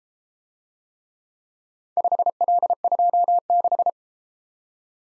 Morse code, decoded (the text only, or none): 5L26